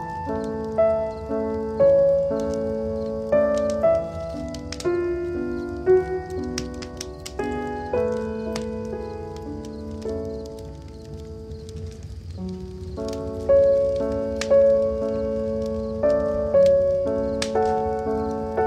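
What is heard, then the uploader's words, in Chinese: Firewood crackles with sharp, scattered pops and snaps throughout, over a soft, continuous bed of sustained musical tones. The chords shift slowly every second or two, with a brief quieter dip around twelve seconds, and a low rumble stays underneath. 与柴火共眠。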